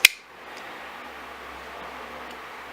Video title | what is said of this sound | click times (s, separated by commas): Leatherman Sidekick | like I said the screwdriver does not lock in place it locks but it doesn't lock in definitely | 0.0 s